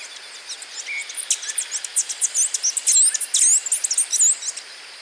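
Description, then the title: Bird singing a fast run of high chirps, squeaky whistles and short twitters that grow louder and denser toward the middle. "LuckyPassaro Completos2Sama"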